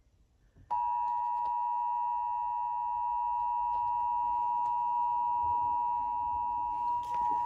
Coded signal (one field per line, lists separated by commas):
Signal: Emergency Alert System (SAME) tones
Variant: 853 and 960 Hz attention tone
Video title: (ARCHIVED) Well this was unexpected.. (EAS Alerts #62-67)